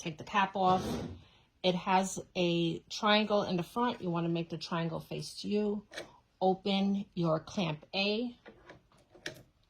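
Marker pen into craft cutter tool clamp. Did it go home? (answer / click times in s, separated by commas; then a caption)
yes / 9.3 s. A marker pen, cap off with its triangle facing forward, is pushed into the opened accessory clamp of a craft cutting machine. Someone talks through most of the clip, then soft handling sounds follow and a sharp click at 9.3 s as the pen seats in the clamp.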